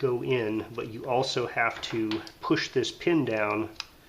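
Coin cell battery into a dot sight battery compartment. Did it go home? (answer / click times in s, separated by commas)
no / none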